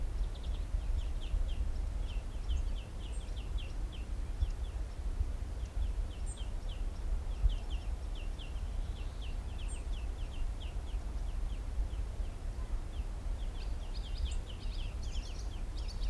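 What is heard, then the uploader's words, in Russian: Birds call through the day in repeated quick, bright chirping runs over a steady low rumble, with occasional higher calls. 150729 птицы день.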